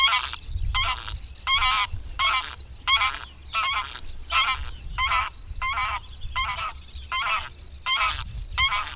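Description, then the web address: Greylag goose honking in a rapid, fairly regular series of harsh nasal honks, with a low rumble underneath at times. "Madardalok Cd 3. Nyári lúd"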